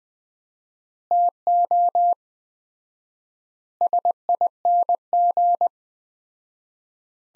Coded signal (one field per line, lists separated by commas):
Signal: Morse code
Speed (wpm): 20 wpm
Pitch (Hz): 700 Hz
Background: none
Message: TO SING